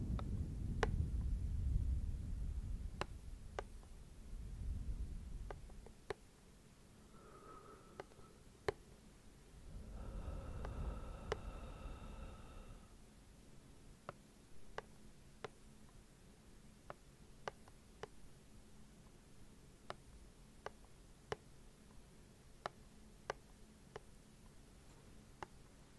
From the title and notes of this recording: ASMR Slow Rhythmic Tapping & Breathing - no talking.